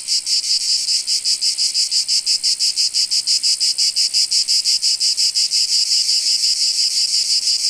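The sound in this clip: Cicadas giving a shrill continuous buzz, throbbing in quick regular pulses throughout.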